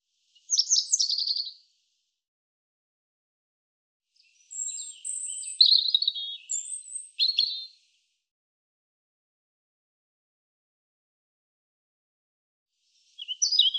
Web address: cianscape birddata Deverinetal 2025 Bird Er Ru Er Ru